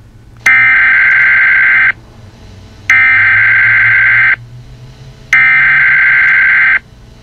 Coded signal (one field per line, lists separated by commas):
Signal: Emergency Alert System (SAME) tones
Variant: header bursts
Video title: EAS Scenario Nemesis